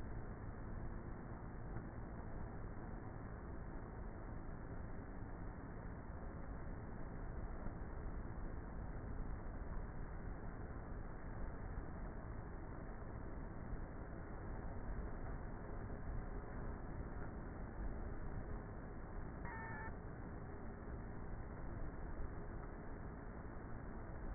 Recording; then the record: honeybee colony, microphone inside the hive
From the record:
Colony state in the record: queenless with a low population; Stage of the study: before two queens were removed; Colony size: about 30,000 bees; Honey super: no